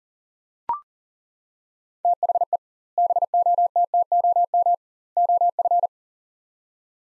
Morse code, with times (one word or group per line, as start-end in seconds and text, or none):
2.0-2.6 THE
3.0-4.7 BOTTOM
5.2-5.9 OF